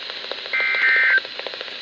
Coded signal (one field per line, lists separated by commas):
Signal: Emergency Alert System (SAME) tones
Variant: end-of-message bursts